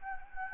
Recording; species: mosquito wingbeat signal from an infrared sensor; Anopheles gambiae